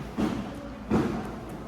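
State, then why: Not seated. A light fixture mounting clip is handled and positioned at a 15-millimeter routed wood channel before being pressed in. Two soft, muffled handling thuds come at about 0.2 and 0.9 seconds over a low background. The clip has not yet snapped into place.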